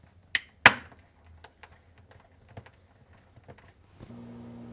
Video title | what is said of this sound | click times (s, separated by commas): How to replace Freezer LED Light Module part # W11483116 on your Whirlpool Refrigerator | and press the light until it snaps into place | 0.4 s, 0.7 s